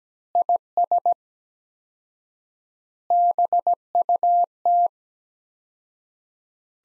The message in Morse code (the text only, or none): IS BUT